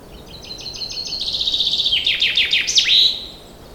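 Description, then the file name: Common chaffinch song: a rapid series of repeated notes speeding into a descending trill, ending in a bright flourish near three seconds, over a soft steady background hiss. "Fringilla coelebs"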